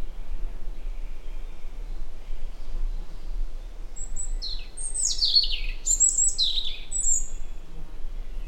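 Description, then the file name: European robin delivering a short song after a quiet start: a piercing whistle followed by quick, descending jumbles of high sweet notes and a final thin whistle; low hum. "Erithacus rubecula"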